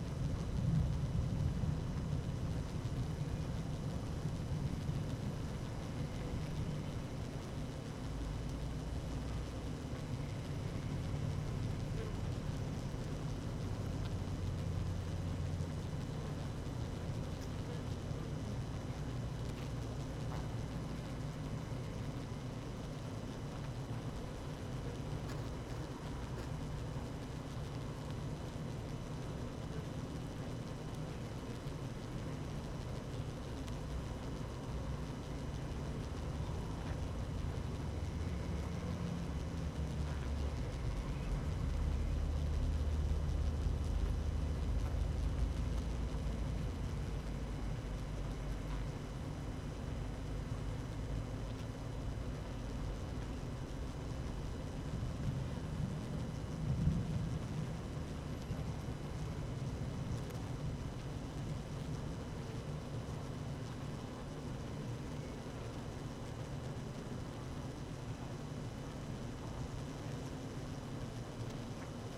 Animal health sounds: honeybee colony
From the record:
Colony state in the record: active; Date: 12 June 2018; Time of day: 12:33

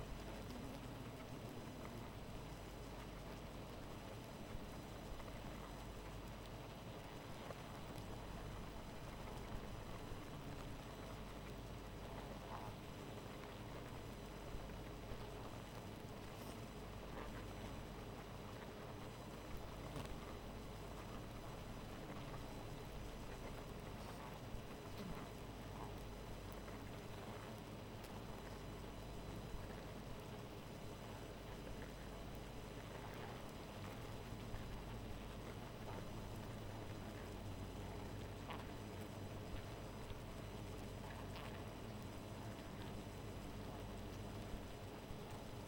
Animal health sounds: honeybee colony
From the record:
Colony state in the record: missing queen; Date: 14 July 2017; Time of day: 2:16

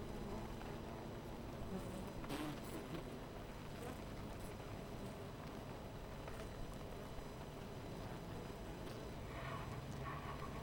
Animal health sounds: honeybee colony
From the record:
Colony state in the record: missing queen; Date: 14 July 2017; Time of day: 12:30

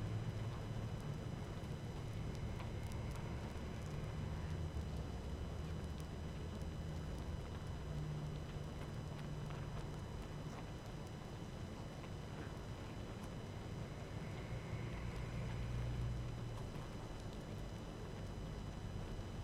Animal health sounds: honeybee colony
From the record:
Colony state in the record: active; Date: 12 June 2018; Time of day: 18:41

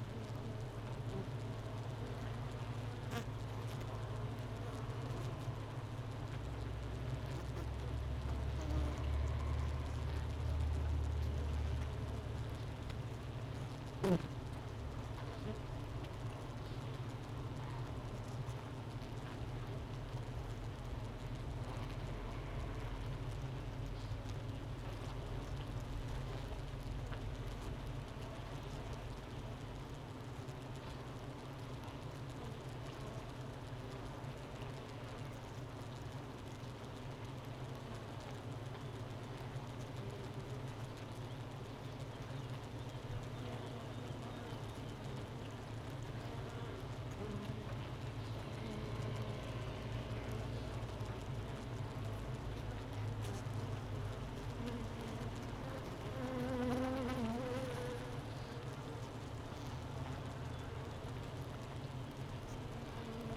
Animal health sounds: honeybee colony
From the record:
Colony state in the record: missing queen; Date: 31 May 2018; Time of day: 9:21

